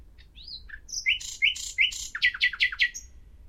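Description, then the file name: Common nightingale song: a rising whistle and slurred notes, then rich repeated chirps and a run of quick accented notes. "Luscinia megarhynchos"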